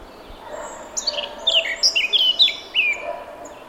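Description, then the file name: Eurasian blackcap song phrase: a quick run of clear, fluty whistled notes jumping up and down in pitch, lasting about two seconds, over a steady faint background hiss. "Sylvia atricapilla"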